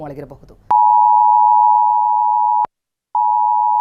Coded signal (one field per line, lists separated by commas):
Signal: Emergency Alert System (SAME) tones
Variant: 853 and 960 Hz attention tone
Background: speech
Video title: "Extremely Severe Alert" On Your Phone? Here's What It Is | Explainer Video